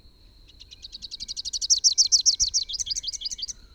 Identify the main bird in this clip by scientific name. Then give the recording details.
Basileuterus rufifrons. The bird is a male. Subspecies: rufifrons. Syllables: 30. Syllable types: 5. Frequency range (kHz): 2.6-7.0 kHz. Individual YA-YRS-M